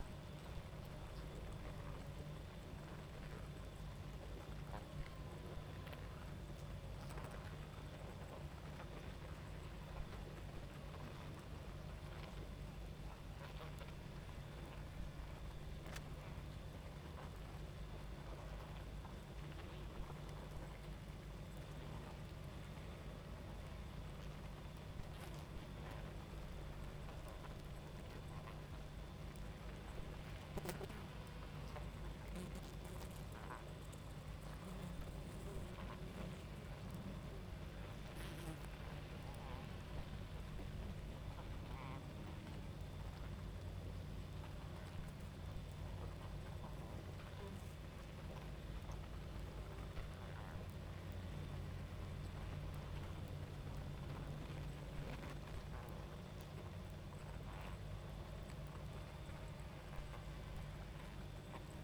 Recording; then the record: honeybee colony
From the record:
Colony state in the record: active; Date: 28 July 2017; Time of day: 23:28